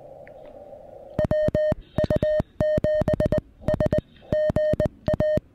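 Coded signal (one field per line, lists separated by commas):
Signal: Morse code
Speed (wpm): 20 wpm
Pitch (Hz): 610 Hz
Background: music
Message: WU7S GA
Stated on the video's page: CW summit (SOTA) activation using a Venus SW-3B radio.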